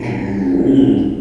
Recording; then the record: squeal of a Yucatan mini pig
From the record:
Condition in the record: after surgery on the right vocal fold (resection and tissue-engineered implant); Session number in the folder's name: 2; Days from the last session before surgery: 13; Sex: male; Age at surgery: 12 weeks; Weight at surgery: 13 kg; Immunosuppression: cyclosporine, prednisolone